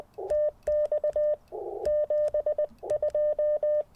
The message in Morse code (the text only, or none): TX 72